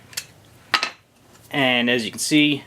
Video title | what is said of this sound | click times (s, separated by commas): The Arduino E-Z COMMS Shield - Assembly Video | With that done, I can pop it off. | 0.8 s